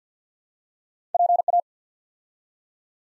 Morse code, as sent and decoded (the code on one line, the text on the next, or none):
.--. .-
PA